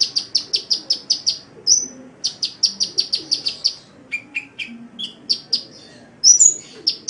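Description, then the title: Oriental magpie-robin song: rapid series of identical high notes repeated several times a second, a pause, another series, then lower phrases and a loud sweeping whistle. "Kicau Kacer"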